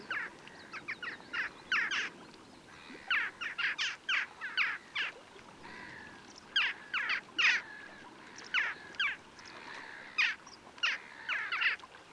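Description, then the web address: Western jackdaw calls, a busy series of short metallic 'chak' notes, clustered in bursts throughout. "Grajilla occidental"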